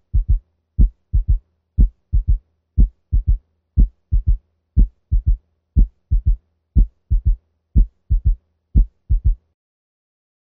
Listen to S3 in the mitral valve region using the bell of the stethoscope at 60 beats per minute. S3 is quite loud. Note that the cadence is 1, 2, 3.